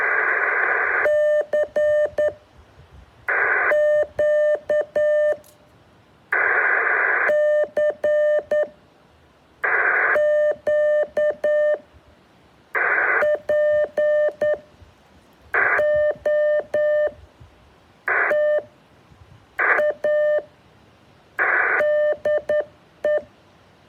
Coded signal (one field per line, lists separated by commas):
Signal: Morse code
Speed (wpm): 10 wpm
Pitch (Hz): 600 Hz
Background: radio noise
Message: CQ CQ POTA DE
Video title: Morse Code K-6934 #3